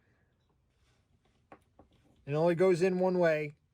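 A keyed plastic wiring connector for the heater power and fuse holder is handled at the fuse holder block, with two faint short ticks at 1.5 s and 1.8 s before someone talks from about 2.3 s to 3.5 s. The connector fits only one way, and nothing has seated or clicked into the fuse holder housing yet.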